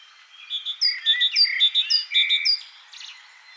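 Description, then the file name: Great tit uttering a quick repeated phrase of clipped high notes and sliding lower notes, several times in a row, then fading. "Parus major"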